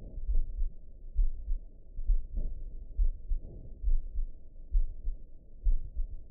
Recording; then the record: heart sounds by optical stethoscope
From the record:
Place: aortic valve (AV)